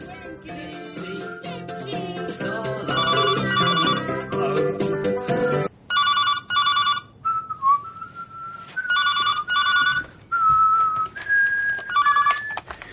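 Music plays at first, then a telephone rings in short, bright, repeated bursts, with a high whistled tune running between the rings.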